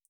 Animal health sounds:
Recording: hydrophone in a shrimp aquaculture tank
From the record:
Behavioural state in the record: feeding

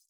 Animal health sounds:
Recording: hydrophone in a shrimp aquaculture tank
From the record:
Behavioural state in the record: feeding

